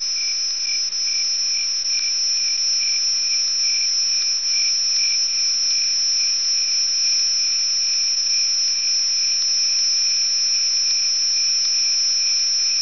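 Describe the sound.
Cricket giving a steady, continuous high pulsed trill.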